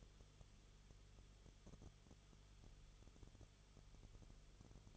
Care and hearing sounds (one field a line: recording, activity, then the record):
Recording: daily activity, microphone in the room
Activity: no activity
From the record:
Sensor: 4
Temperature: 22.9 degrees Celsius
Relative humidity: 34.5%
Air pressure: 1011.5 hPa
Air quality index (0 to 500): 193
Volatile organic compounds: 13 ppm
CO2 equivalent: 2389 ppm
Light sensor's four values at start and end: 2/3/1/1 and 2/3/1/1